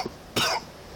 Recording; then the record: coughing mixed with background sound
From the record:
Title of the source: Coughing 60